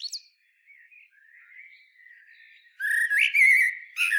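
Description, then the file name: Common blackbird singing a low fluted warble with wavering notes and a high scratchy finish, preceded by soft quiet twittering. "Turdus merula"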